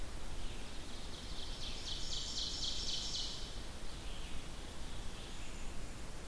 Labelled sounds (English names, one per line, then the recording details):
Ovenbird song
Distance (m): 80 m
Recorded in boreal forest in Alberta, Canada, on 14 June 2016 at 05:40
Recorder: SongMeter 3, array SBT-3-33
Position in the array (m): 124 m, 22 m
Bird 21